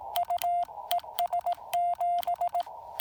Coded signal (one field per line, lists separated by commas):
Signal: Morse code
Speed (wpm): 18 wpm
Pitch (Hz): 690 Hz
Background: none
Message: UES 7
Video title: POTA Field Report: Activating Lake James with the Yaesu FT-817ND and no ATU